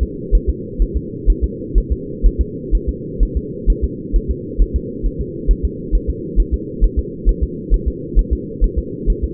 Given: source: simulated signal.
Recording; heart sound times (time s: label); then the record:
fetal heart sounds
0.03 s: S2
0.35 s: S1
0.50 s: S2
0.82 s: S1
0.97 s: S2
1.30 s: S1
1.44 s: S2
1.78 s: S1
1.92 s: S2
2.26 s: S1
2.41 s: S2
2.75 s: S1
2.89 s: S2
3.23 s: S1
3.37 s: S2
3.70 s: S1
3.84 s: S2
4.16 s: S1
4.31 s: S2
4.62 s: S1
4.76 s: S2
5.06 s: S1
5.21 s: S2
5.51 s: S1
5.65 s: S2
5.95 s: S1
6.10 s: S2
6.40 s: S1
6.54 s: S2
6.84 s: S1
6.99 s: S2
7.29 s: S1
7.43 s: S2
7.74 s: S1
7.88 s: S2
8.19 s: S1
8.33 s: S2
8.64 s: S1
8.79 s: S2
9.10 s: S1
9.24 s: S2
From the record:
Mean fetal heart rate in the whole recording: 130 bpm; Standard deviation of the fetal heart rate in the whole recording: 2 bpm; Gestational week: 36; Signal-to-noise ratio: -4.1 dB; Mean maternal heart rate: no maternal heart sound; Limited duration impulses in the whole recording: absent